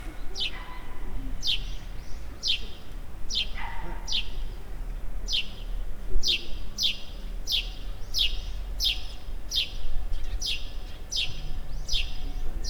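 Bird calls: short, high, downward-sweeping chirps repeated many times over a constant low rumble of background noise.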